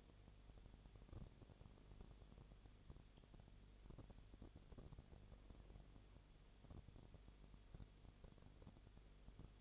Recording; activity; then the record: daily activity, microphone in the room; no activity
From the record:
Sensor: 4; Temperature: 22.7 degrees Celsius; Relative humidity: 32.0%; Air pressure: 1008.1 hPa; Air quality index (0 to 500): 114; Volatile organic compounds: 2 ppm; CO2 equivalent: 1102 ppm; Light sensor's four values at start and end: 2/3/1/1 and 2/3/1/1